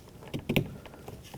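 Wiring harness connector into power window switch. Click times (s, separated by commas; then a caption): 0.6 s. A plastic wiring harness connector is pushed back onto a new power window switch from a 2005-2010 Pontiac G6. After some soft handling noises, a sharp click at 0.6 s shows the connector seating.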